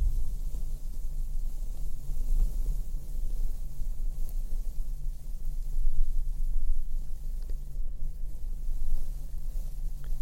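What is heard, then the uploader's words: Slow blowing and brushing against a microphone makes a deep, steady rumble that fills the low end throughout, with a faint airy hiss on top. The level swells gently a few times, most noticeably around six and nine seconds, without any sharp events. ASMR super slow mic brushing & blowing - bassy, binaural, no makeup.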